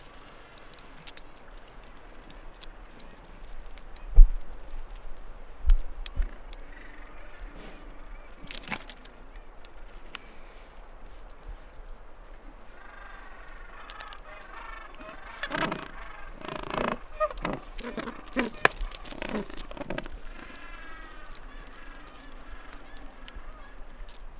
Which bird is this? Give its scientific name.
Pygoscelis papua